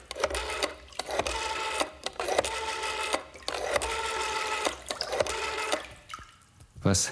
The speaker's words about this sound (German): Ich holte das Telefon heran, ich wollte auf sicher gehen und rief einen Makler an